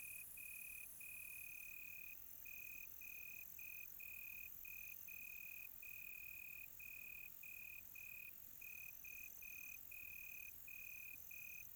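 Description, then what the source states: Cricket chirping in short pulses with tiny gaps, continuous over a high insect drone. Quiet tropical night.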